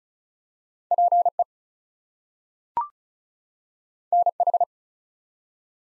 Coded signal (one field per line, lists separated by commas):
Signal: Morse code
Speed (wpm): 36 wpm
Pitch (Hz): 700 Hz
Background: none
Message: PE NH